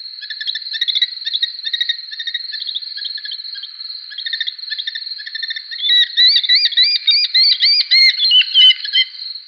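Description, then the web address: Red-footed falcon calls: a dense, overlapping chatter of high, shrill notes, then louder arched, squealing notes repeated in quick succession in the final seconds. "Schulze Peter Red-footed Falcon"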